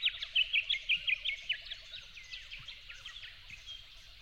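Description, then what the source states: Yellow-faced honeyeater song, a loud run of quick chirpy notes in the first second and a half, then quieter chirping, with a low, evenly repeated piping underneath at first. At dawn, 08/01/12.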